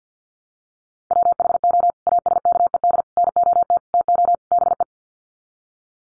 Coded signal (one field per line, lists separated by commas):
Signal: Morse code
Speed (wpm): 50 wpm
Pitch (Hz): 700 Hz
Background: none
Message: WHO ASKED NOT TO BE